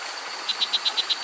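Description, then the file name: Pouched frog giving a fast run of seven short, sharp pulses, each about a tenth of a second apart, over a constant high-pitched insect drone. "assa darlingtoni"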